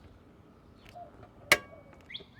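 After the next terminal screw in a breaker panel has been loosened, a 45 inch-pound torque screwdriver tightens it until the clutch releases. Over a quiet background with a few faint ticks, a single sharp, bright click rings out at 1.5 s, followed by a few softer sounds near the end. The screwdriver clicks at its set torque.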